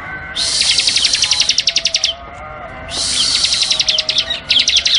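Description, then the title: Bar-winged prinia song, two long bursts of high, fast buzzy trilling separated by a brief pause. Tutor recording from 2019 for training birds, covering the semi and crystal varieties. "Masteran 2019 Cisem Ciblek Semi Dan Cikris Ciblek Kristal"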